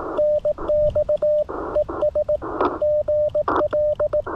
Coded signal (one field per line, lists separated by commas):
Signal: Morse code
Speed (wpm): 18 wpm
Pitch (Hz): 600 Hz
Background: radio noise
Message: NX ES GL